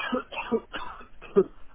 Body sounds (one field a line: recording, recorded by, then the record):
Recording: voluntary cough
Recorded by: telephone call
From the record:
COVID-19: positive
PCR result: checked with the laboratory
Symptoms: no